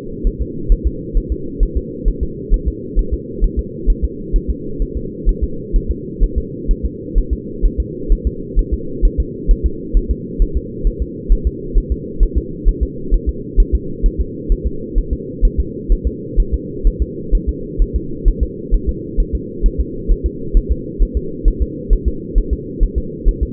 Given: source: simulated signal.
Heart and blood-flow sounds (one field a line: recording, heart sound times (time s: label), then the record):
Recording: fetal heart sounds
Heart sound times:
0.27 s: S1
0.41 s: S2
0.72 s: S1
0.87 s: S2
1.17 s: S1
1.32 s: S2
1.63 s: S1
1.77 s: S2
2.08 s: S1
2.23 s: S2
2.54 s: S1
2.68 s: S2
2.99 s: S1
3.13 s: S2
3.44 s: S1
3.59 s: S2
3.90 s: S1
4.04 s: S2
4.36 s: S1
4.50 s: S2
4.82 s: S1
4.97 s: S2
5.29 s: S1
5.44 s: S2
5.76 s: S1
5.91 s: S2
6.23 s: S1
6.38 s: S2
6.71 s: S1
6.85 s: S2
7.18 s: S1
7.33 s: S2
7.65 s: S1
7.80 s: S2
8.12 s: S1
8.27 s: S2
8.59 s: S1
8.74 s: S2
9.05 s: S1
9.20 s: S2
9.51 s: S1
9.66 s: S2
9.97 s: S1
10.11 s: S2
10.42 s: S1
10.57 s: S2
10.87 s: S1
11.02 s: S2
11.32 s: S1
11.47 s: S2
11.78 s: S1
11.92 s: S2
12.23 s: S1
12.38 s: S2
12.69 s: S1
12.83 s: S2
13.14 s: S1
13.29 s: S2
13.60 s: S1
13.75 s: S2
14.06 s: S1
14.20 s: S2
14.52 s: S1
14.67 s: S2
14.98 s: S1
15.13 s: S2
15.45 s: S1
15.60 s: S2
15.92 s: S1
16.07 s: S2
16.40 s: S1
16.54 s: S2
16.87 s: S1
17.02 s: S2
17.35 s: S1
17.49 s: S2
17.82 s: S1
17.96 s: S2
18.28 s: S1
18.43 s: S2
18.74 s: S1
18.89 s: S2
19.20 s: S1
19.35 s: S2
19.66 s: S1
19.80 s: S2
20.11 s: S1
20.26 s: S2
20.57 s: S1
20.72 s: S2
21.02 s: S1
21.17 s: S2
21.48 s: S1
21.62 s: S2
21.93 s: S1
22.08 s: S2
22.38 s: S1
22.53 s: S2
22.83 s: S1
22.98 s: S2
23.28 s: S1
23.43 s: S2
From the record:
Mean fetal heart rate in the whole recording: 130 bpm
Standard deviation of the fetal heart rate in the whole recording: 2 bpm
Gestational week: 38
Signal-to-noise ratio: -4.3 dB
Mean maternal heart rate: 72 bpm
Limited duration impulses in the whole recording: absent